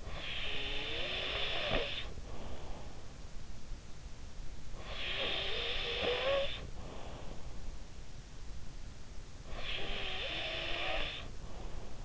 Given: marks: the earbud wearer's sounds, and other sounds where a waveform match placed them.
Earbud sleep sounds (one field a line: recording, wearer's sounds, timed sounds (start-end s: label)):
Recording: sounds in sleep by an in-ear microphone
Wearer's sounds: snoring breath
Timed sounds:
0.00-2.81 s: snoring breath
4.72-7.27 s: snoring breath
9.40-12.05 s: snoring breath